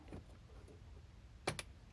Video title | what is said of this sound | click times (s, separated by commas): Installing Tailgate lights | and it should push in and snap right into place. And there we go. | 1.5 s, 1.6 s